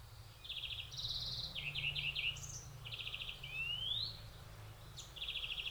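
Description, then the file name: European greenfinch song: rapid buzzy trills and twittering phrases alternating with a clear rising drawn-out note, steady low rumble underneath. "Chloris chloris"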